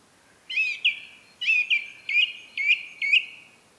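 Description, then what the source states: Song thrush singing one short, bright phrase repeated five times in quick succession. Recorded at Rambjøra on 30 March 2023 with a Zoom recorder.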